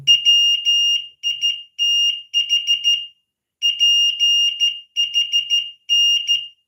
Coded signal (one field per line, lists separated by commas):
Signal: Morse code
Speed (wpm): 13 wpm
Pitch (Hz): 2850 Hz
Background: none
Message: WITH PHN